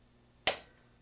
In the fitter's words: want to insert the lever into the bottom brackets first and pull straight up until it snaps into place